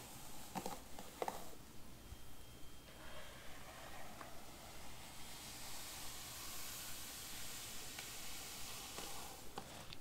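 Hair is brushed in a steady, soft hiss of bristles that grows brighter and fuller after the midpoint. Short crackles and taps break through now and then, near the start and again toward the end, over a faint low hum.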